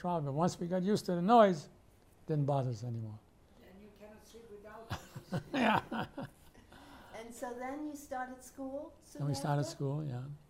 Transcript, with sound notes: But once we got used to the noise, didn't bother us anymore.
Then you can't sleep without the noise.
Yeah. [laughs]
And so then you started school soon after?
Then we started school, yeah.